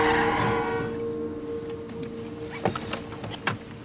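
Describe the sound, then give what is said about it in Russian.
A car engine hums with a steady tonal drone that fades, then two sharp, abrupt bursts cut in like sudden hard braking, as a man reverses the car and nearly hits a black dog. No voices. “Выезжая назад, мужчина чуть не сбивает черного пинпуля.”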